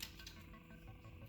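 During transformation of a plastic Transformers Studio Series 54 Megatron action figure, the outer shoulder panels are swung up until their tabs lock onto the torso. Two short plastic clicks sound at 0.0 s and 0.3 s, the first louder and sharper, over a low steady background. The panels end up locked into place.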